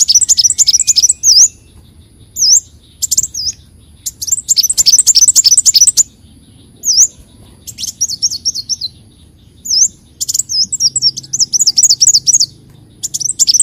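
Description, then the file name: Leafbird song of fast high twittering bursts mixed with single clear V-shaped whistles, repeated with short pauses throughout. "Tieng chim xanh tim"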